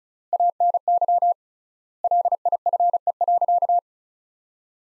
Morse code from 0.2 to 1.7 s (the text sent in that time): ANY